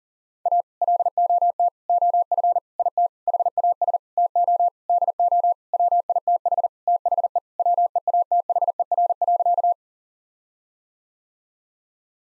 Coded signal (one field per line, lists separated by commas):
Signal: Morse code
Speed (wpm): 40 wpm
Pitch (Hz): 700 Hz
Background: none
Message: A LOT OF IT HAS TO DO WITH THE WEATHER.